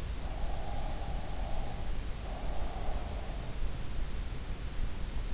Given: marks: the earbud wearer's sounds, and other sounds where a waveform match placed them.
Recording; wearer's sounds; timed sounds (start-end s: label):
sounds in sleep by an in-ear microphone; breath
0.50-3.16 s: breath